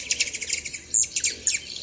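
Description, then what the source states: Rufous hummingbird chip calls, a rapid series of high, dry chips with a few louder notes. Feisty far-west hummingbird that attacks other hummers and may chase other hummingbird species from feeders; wings beat up to 60 times per second while hovering.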